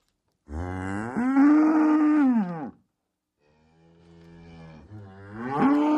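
Cow lowing: one drawn-out moo with a rising start, then a softer low rumble and the onset of another rising moo.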